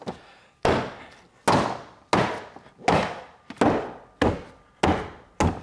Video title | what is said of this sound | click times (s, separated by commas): IG471 Fixing Power Windows in a 2004-2009 Mazda 3 | all snapped into place | 2.1 s, 4.2 s, 4.8 s